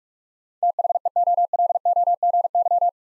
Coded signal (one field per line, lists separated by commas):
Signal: Morse code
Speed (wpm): 44 wpm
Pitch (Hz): 700 Hz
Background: none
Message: THEOLOGY